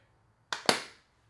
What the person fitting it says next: Solid click onto there.